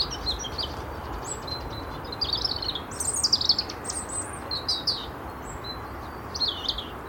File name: Erithacus rubecula